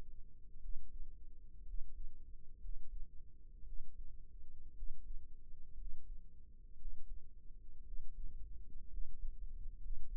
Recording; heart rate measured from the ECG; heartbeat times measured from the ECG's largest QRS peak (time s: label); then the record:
heart sounds by microphone in the right ear; 59 bpm
0.59 s: heartbeat
1.64 s: heartbeat
2.59 s: heartbeat
3.63 s: heartbeat
4.73 s: heartbeat
5.75 s: heartbeat
6.76 s: heartbeat
7.82 s: heartbeat
8.88 s: heartbeat
9.78 s: heartbeat
From the record:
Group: healthy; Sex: male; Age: 22 years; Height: 181 cm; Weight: 79 kg